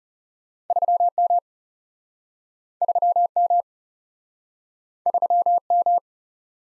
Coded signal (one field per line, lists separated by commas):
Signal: Morse code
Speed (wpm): 40 wpm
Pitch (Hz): 700 Hz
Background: none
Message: 3 M 3 M 3 M